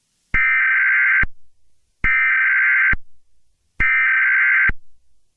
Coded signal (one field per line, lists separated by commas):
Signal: Emergency Alert System (SAME) tones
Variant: header bursts